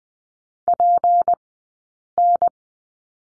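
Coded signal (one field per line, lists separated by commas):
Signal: Morse code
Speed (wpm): 20 wpm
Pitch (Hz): 700 Hz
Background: none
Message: PN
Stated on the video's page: Morse code course lesson on letter P, Farnsworth speed 20/10 wpm.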